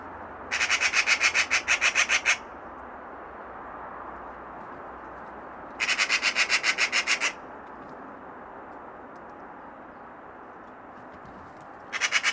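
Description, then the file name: Eurasian magpie rattling chatter, long bursts of rapid harsh notes repeated every few seconds, with a third burst beginning at the very end. "Pica pica"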